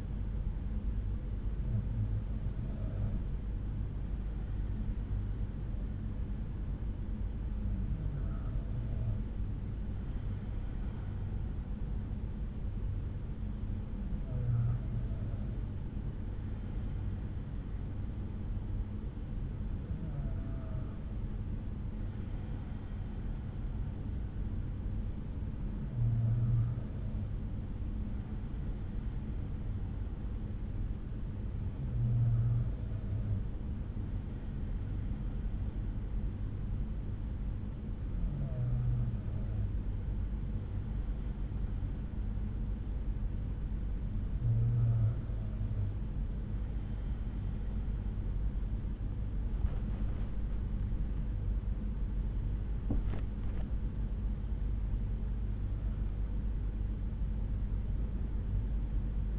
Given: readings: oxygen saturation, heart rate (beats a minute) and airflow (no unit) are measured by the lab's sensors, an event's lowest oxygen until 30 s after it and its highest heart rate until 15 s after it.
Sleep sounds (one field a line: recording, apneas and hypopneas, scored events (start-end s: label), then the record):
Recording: breathing in sleep by a smartphone at the bedside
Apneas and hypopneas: 1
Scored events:
36.00-50.50 s: hypopnea (N2, oxygen 93% highest, then 92% lowest, heart rate 61 at the start, 72 highest)
From the record:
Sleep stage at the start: N2 (light sleep)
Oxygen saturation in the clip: 92 to 93%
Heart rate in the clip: 60 to 72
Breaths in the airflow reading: 10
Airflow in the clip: -8.3 to 8.9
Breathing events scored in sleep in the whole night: 368 in 8.0 hours asleep